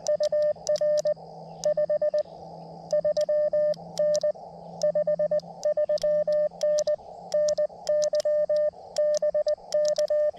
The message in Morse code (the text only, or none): UR 53N 53N NY BK